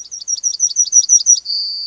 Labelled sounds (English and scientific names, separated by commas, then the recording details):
Yellowhammer (Emberiza citrinella) song
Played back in grassland
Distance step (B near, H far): B
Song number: 151